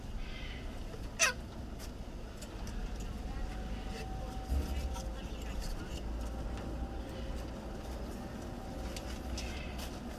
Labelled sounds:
Common Squirrel Monkey call

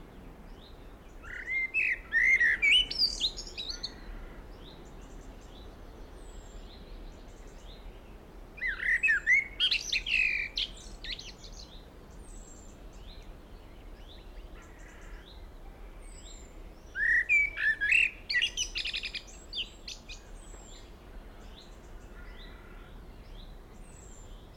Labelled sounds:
Common Blackbird

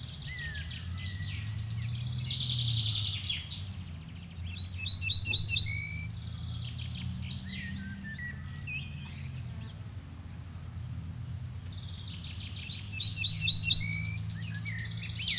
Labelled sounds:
Ortolan Bunting

